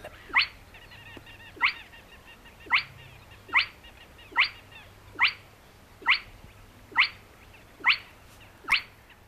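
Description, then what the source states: Spotted Crake giving its whiplash whistle, a short rising lash repeated steadily a little over once per second, ten calls over a faint low hum. Whip-like lash or whistle, which can also be called its song, ringing out under a second apart; at peak tempo nearly 90 calls per minute.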